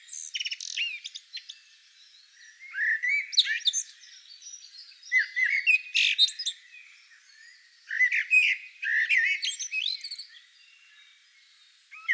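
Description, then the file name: Eurasian blackbird song arriving in several bursts separated by short pauses, each mixing lower notes with thin, high squeaky twitters. "Turdus merula"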